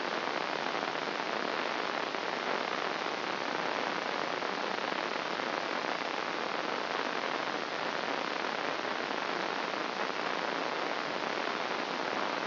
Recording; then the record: brain microelectrode recording played as sound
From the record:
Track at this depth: inside the subthalamic nucleus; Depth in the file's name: 1.141 mm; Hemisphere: left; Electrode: 2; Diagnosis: Parkinson's disease